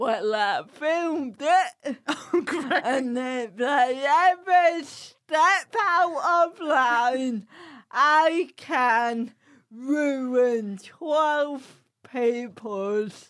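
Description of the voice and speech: An adult woman speaks slowly, with drawn-out vowels, a nasal tone and broken phrasing: dysarthria from cerebral palsy.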